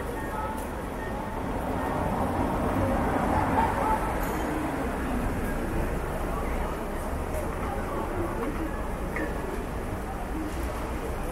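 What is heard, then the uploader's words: Traffic rumbles on steadily throughout, a low continuous wash that swells slightly around the third and fourth seconds. Voices talk intermittently over it, and a few brief chirps from birds stand out, including one near the nine-second mark. City ambience sounds. You will hear sounds of traffic, birds, and the occasional person talking.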